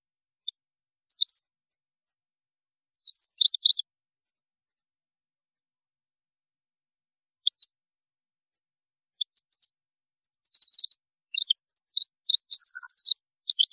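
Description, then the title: European goldfinch giving sparse high twitters, quiet at first, then a livelier run of chirps and buzzy trills near the end. "Chant Chardonneret"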